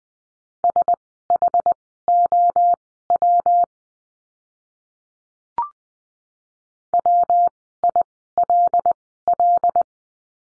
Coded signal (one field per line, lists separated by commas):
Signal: Morse code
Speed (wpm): 20 wpm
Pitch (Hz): 700 Hz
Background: none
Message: SHOW WILL